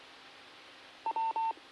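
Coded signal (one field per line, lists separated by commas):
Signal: none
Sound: repeater courtesy tone beeps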